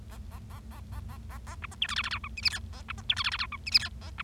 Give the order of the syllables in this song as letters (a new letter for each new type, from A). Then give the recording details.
A A A A A A A A B C D E F F G H I J K A B C D E F F G H I J K A B. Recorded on 25 March 2012 at 16:41. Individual gy6or6